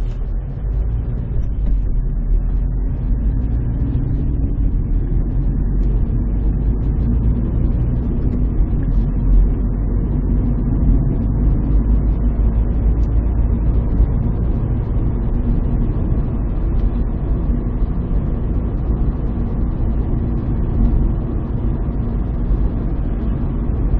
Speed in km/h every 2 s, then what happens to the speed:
18, 29, 36, 43, 51, 57, 61, 63, 62, 63, 64, 64.
0-11 speeds up to 61. 11-24 steady at about 63.